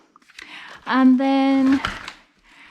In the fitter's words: the front here if i slot that in there nice click